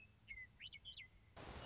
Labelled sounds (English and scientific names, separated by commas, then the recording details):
Western Meadowlark (Sturnella neglecta)
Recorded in Sonoma County, California